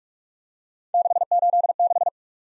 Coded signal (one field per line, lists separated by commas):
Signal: Morse code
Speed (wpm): 44 wpm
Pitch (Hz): 700 Hz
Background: none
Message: 686